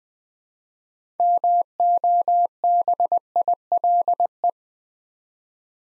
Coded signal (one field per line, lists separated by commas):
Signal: Morse code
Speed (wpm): 20 wpm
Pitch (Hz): 700 Hz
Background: none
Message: MOBILE